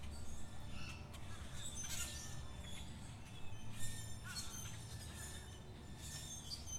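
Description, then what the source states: Birds give harsh squawks and chirps in scattered bursts, overlapping one another above a constant low hum. Birds chirping at Zoo Miami.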